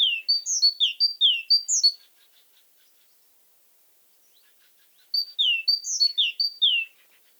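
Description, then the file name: Great tit giving quick runs of high, clear slurred notes, two bursts separated by a pause filled with faint soft ticks. "Parus major"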